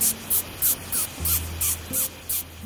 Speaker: Tiny bullet ants also make a sound to try and scare off predators. Although it does sound a bit like someone making kissy noises.